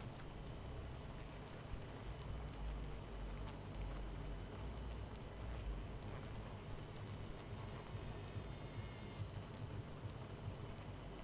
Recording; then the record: honeybee colony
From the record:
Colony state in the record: missing queen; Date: 14 July 2017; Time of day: 23:24